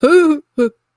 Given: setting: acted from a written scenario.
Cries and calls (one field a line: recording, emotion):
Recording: vocal sound without words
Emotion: negative surprise